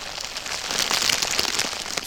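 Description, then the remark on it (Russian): A campfire crackles steadily after dry branches are added, with dense, irregular snaps and pops over a bright, hissing rush of flame. No one speaks. “Подброшу сухих веток, и ты снова запылаешь ярким пламенем.”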